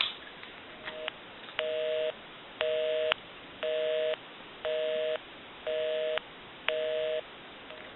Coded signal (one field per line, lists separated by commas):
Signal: telephone call progress tone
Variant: North America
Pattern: busy tone